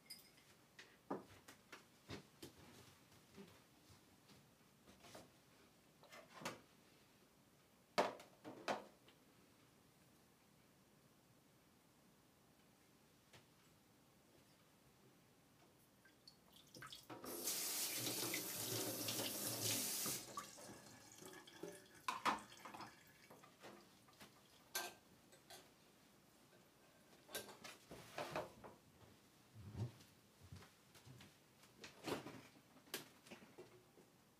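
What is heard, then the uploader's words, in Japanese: Eggplant stewed in tomato is being prepared, with scattered kitchen knocks and clatters and a tap running for about three seconds midway. 環境音 ナスのトマト煮込み。ベーコンの代わりにちくわをいれてみました。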